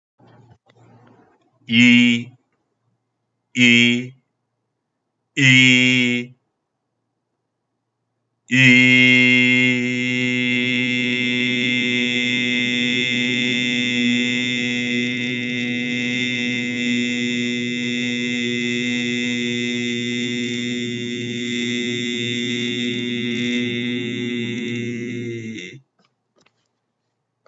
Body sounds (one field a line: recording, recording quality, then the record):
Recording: sustained vowel as in beet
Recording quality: excellent, no background noise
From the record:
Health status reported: healthy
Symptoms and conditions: none ticked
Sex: male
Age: 53 years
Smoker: not ticked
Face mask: not worn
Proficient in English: yes